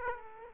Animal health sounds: mosquito wingbeat signal from an infrared sensor; Aedes aegypti

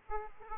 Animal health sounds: mosquito wingbeat signal from an infrared sensor; Aedes aegypti

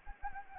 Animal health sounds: mosquito wingbeat signal from an infrared sensor; Anopheles arabiensis

